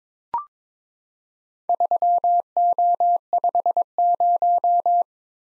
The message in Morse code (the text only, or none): 3O50